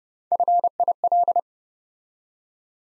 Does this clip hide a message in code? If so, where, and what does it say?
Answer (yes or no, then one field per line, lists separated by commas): yes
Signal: Morse code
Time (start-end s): 0.3-1.4 s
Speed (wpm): 30 wpm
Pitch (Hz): 700 Hz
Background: none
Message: FIL